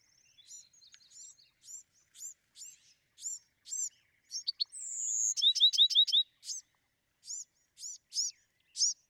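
Bewick's wren singing: rapid high chip notes, a long whistle and a quick run of slurred notes, then more evenly spaced chips.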